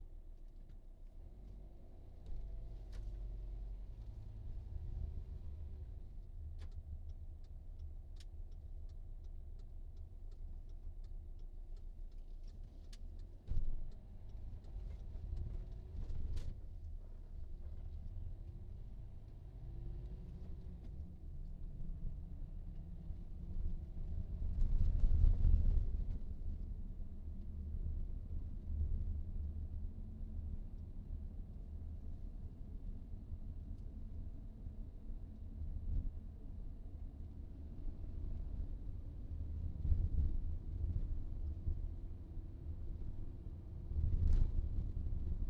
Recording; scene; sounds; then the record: everyday scene through a hearing-aid microphone; in a vehicle; engine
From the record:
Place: VW T5 Caravelle, diesel engine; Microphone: in the ear canal, right